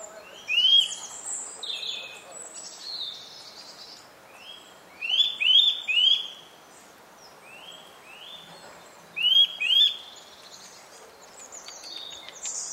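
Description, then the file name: Eurasian nuthatch uttering sharp upslurred whistled notes, often in quick pairs, scattered throughout, with other birds chirping at higher pitch behind. "Sitta europaea"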